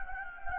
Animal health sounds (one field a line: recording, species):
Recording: mosquito wingbeat signal from an infrared sensor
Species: Anopheles gambiae